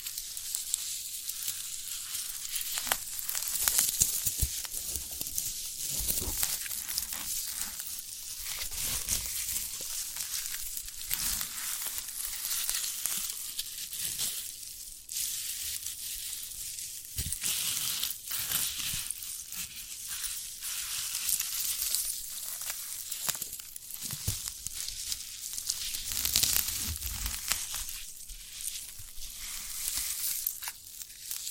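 Crisp crackling and crunching as a sprouted coconut is handled, a dense bright fizz that runs without pause for the whole stretch. Sharper crushing snaps stand out now and then, notably around 5, 15, 17 and 27 seconds, with little low sound underneath.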